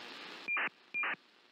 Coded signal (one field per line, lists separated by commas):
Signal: ACARS aircraft data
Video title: 2018: Monitoring airplane communications (aviation radio signal monitoring via sdr)